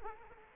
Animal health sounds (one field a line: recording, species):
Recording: mosquito wingbeat signal from an infrared sensor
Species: Culex quinquefasciatus